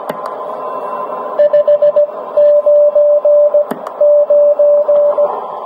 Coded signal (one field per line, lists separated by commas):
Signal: Morse code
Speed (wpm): 17 wpm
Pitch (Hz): 590 Hz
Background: radio noise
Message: 599